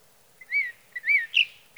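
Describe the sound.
Sage thrasher song: short slurred whistled notes rising then falling, given in a brief series with pauses between.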